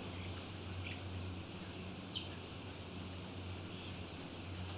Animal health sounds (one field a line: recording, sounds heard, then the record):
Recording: poultry house recording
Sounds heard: healthy chickens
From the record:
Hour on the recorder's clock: 19